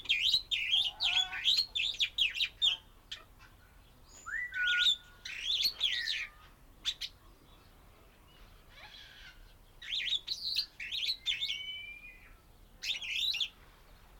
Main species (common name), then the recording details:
Superb Starling. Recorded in captivity. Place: Timmendorfer Strand, Holsteinische Schweiz, Schleswig-Holstein, DE. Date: 1992-09-21 14:40. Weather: sonnig, 22°C. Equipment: Marantz CP 430, Sennheiser ME 80, Kopie Tesla B 116. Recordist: Tembrock, Günter